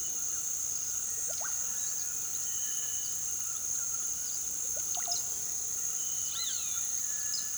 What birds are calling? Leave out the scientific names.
Russet-backed Oropendola, Roadside Hawk, Cinereous Tinamou